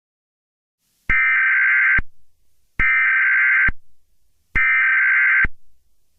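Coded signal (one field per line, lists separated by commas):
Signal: Emergency Alert System (SAME) tones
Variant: header bursts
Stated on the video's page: Fictional EAS scenario using valid EAS tones.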